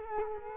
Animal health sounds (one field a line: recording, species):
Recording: mosquito wingbeat signal from an infrared sensor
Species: Culex quinquefasciatus